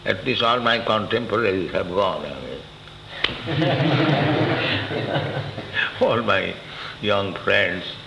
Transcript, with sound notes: At least all my contemporaries have gone away. [laughter] All my young friends